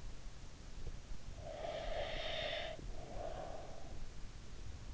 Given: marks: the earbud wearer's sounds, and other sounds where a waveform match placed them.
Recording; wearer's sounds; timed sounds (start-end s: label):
sounds in sleep by an in-ear microphone; breath
1.14-4.06 s: breath